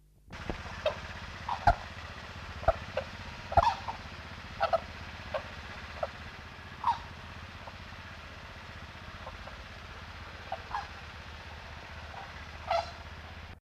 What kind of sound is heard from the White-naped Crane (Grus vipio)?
call